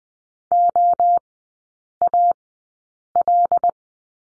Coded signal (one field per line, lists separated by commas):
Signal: Morse code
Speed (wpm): 20 wpm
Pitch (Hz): 700 Hz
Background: none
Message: OAL